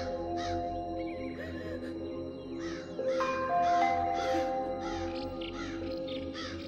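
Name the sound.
crows cawing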